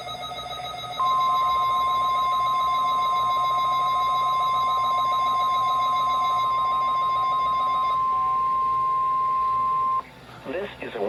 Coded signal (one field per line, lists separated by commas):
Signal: Emergency Alert System (SAME) tones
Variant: 1050 Hz attention tone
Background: speech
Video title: (EAS #104) KMKX Required Weekly Test with EASyCAST Relay